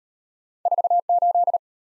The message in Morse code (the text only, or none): 48